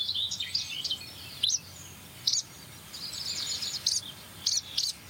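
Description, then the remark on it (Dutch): Barn swallow calls: rapid, high twittering chirps in bursts, with several sharper, louder notes standing out over a steady background hum. “Boerenzwaluw weer.”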